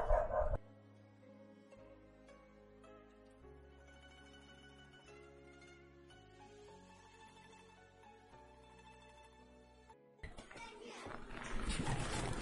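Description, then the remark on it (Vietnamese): A dog barks loudly in a sharp burst at the start, then again in a harsh, noisy stretch near the end, with a steady tonal hum in between. “Quý vị đợi mình chút nha, xem sao chó nó cắn to đấy.”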